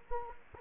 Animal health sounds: mosquito wingbeat signal from an infrared sensor; Anopheles gambiae

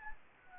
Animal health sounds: mosquito wingbeat signal from an infrared sensor; Anopheles gambiae

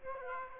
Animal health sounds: mosquito wingbeat signal from an infrared sensor; Aedes aegypti

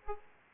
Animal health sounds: mosquito wingbeat signal from an infrared sensor; Aedes aegypti

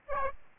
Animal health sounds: mosquito wingbeat signal from an infrared sensor; Aedes albopictus

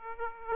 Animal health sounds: mosquito wingbeat signal from an infrared sensor; Aedes aegypti

